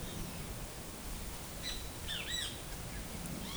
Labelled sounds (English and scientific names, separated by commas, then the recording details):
Great Kiskadee (Pitangus sulphuratus)
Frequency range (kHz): Great Kiskadee (Pitangus sulphuratus) 0.9-9.7 kHz
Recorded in forest near Pivijay, Magdalena, Colombia, on 4 June 2023 at 11:00
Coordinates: 10.467, -74.380
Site Z5-G034